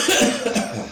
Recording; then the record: coughing mixed with background sound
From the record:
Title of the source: Spring Cold Coughing.